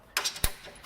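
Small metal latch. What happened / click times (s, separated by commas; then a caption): The latch clicked into place / 0.2 s, 0.4 s. A circular quick-release hood pin latch is pushed down into its base on a Seibon carbon fiber hood on a CD5 Accord. It gives a sharp click at 0.2 seconds and another at 0.4 seconds, and the latch seats in place.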